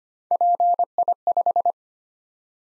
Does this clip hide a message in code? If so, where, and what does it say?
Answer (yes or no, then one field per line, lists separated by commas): yes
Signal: Morse code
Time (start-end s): 0.3-1.7 s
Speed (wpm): 25 wpm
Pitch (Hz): 700 Hz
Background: none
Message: PI5